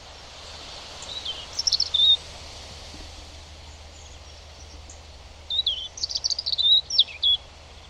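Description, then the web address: European robin: songbird giving brief high thin warbling notes, then a longer phrase of high sliding whistles and twitters later on, against a soft hiss. "Deverinetal 2025 File origin Bird Only Er Ru"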